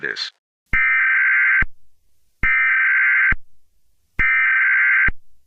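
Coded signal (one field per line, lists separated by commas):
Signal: Emergency Alert System (SAME) tones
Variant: header bursts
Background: speech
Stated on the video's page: Fictional EAS scenario; simulated, not a real alert.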